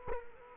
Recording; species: mosquito wingbeat signal from an infrared sensor; Culex quinquefasciatus